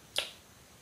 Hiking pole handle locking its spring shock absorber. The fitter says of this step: you can if you rotate the handle just a little bit farther hear the click then